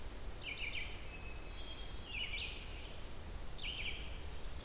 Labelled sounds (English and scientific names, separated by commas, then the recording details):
Red-eyed Vireo (Vireo olivaceus) song
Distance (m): 60 m
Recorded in boreal forest in Alberta, Canada, on 28 June 2016 at 07:18
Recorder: SongMeter 3, array SBT-6-79
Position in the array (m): 119 m, 191 m